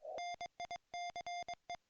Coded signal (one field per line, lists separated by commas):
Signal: Morse code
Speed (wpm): 24 wpm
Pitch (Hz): 690 Hz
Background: music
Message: NICE